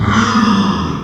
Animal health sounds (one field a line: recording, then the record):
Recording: squeal of a Yucatan mini pig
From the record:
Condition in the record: after surgery on the right vocal fold (resection and tissue-engineered implant)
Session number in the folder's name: 15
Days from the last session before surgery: 175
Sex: female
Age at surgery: 19 weeks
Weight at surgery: 25 kg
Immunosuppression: prednisolone